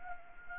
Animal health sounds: mosquito wingbeat signal from an infrared sensor; Anopheles gambiae

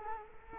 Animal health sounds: mosquito wingbeat signal from an infrared sensor; Culex quinquefasciatus

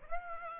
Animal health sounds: mosquito wingbeat signal from an infrared sensor; Aedes aegypti

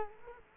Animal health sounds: mosquito wingbeat signal from an infrared sensor; Culex quinquefasciatus

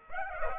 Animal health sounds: mosquito wingbeat signal from an infrared sensor; Aedes aegypti

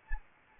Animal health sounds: mosquito wingbeat signal from an infrared sensor; Anopheles arabiensis

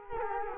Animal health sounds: mosquito wingbeat signal from an infrared sensor; Culex quinquefasciatus

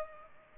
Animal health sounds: mosquito wingbeat signal from an infrared sensor; Culex pipiens

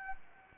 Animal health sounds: mosquito wingbeat signal from an infrared sensor; Anopheles gambiae

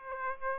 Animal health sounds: mosquito wingbeat signal from an infrared sensor; Aedes aegypti

